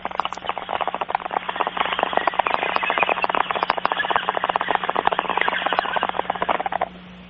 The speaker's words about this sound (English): could you take me out with the bong hit and thank you, Jesus?